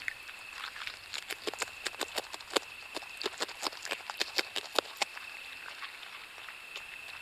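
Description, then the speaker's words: Beaver gnawing: irregular sharp crunching clicks on wood, several per second, over a steady high whine, stopping before the end. In the water, quietly gnawing its branches; can be surprised with luck, patience and silence. "on peut surprendre le castor dans l'eau, en train de ronger tranquillement ses branches."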